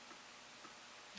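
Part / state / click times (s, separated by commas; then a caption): plastic pilot figure into the cockpit of a scale model aircraft / not seated / none. A modified plastic pilot figure is pressed into the cockpit tub of a Hasegawa 1:72 scale SR-71 Blackbird model kit. Only quiet, faint ticking and handling sounds are heard, with small bumps near 0.1, 0.65 and 1.15 seconds. The figure just sits there and nothing has snapped into place yet.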